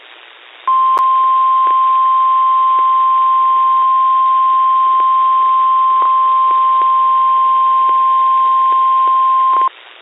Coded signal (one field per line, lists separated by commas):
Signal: Emergency Alert System (SAME) tones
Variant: 1050 Hz attention tone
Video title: EAS 564-568 KIH28 WBEB WOGL WTDY KDKA-AM